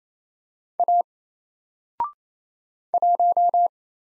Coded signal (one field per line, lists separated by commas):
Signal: Morse code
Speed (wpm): 27 wpm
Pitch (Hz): 700 Hz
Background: none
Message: A 1